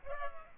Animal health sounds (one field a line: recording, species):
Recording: mosquito wingbeat signal from an infrared sensor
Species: Culex pipiens